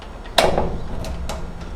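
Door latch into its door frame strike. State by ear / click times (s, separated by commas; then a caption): seated / 0.4 s. The entrance door of a house is closed, and its latch catches in the door frame strike with a sharp single hit at 0.4 s, locking the door on closing. Softer rattles follow at about 0.6, 1.1 and 1.3 s.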